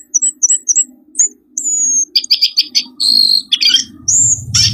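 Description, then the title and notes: Birds giving short high chirps, then a thin drawn-out whistle and buzzy chattering bursts, over a low continuous hum. Compilation of lure sounds meant to attract stubborn, wary birds that are hard to approach. "Suara Burung Bandel Yang Susah Mendekati. Kompilasi Suara Pikat Burung"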